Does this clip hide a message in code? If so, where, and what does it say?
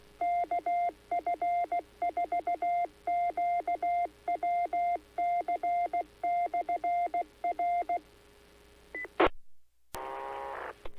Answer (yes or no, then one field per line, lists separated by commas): yes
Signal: Morse code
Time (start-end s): 0.2-9.3 s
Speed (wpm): 16 wpm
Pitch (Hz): 700 Hz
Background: none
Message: KF4QWC/R E